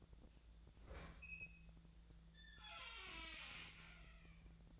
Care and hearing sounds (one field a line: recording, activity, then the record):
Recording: daily activity, microphone in the room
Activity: open fridge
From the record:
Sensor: 3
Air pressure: 1009.6 hPa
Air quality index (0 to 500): 194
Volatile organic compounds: 16 ppm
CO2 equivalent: 2526 ppm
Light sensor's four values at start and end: 36/90/38/41 and 36/90/39/41